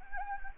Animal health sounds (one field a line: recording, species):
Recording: mosquito wingbeat signal from an infrared sensor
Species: Anopheles gambiae